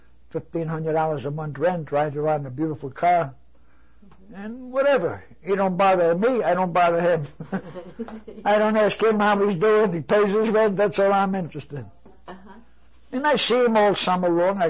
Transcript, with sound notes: fifteen hundred dollars a month rent, rides around in a beautiful car and whatever. He don't bother me, I don't bother him. (both laugh) I don't ask him how he's doing, he pays his rent, that's all I'm interested. And I see him all summer long.